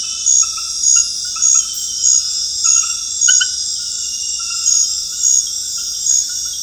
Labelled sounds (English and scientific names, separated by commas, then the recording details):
none
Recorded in dense forest near Puerto Asís, Putumayo, Colombia, on 19 February 2024 at 23:00
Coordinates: 0.485, -76.325
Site G6429